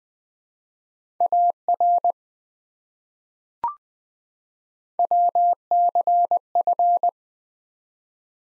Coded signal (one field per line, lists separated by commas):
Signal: Morse code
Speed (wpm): 20 wpm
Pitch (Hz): 700 Hz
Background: none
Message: AR WCF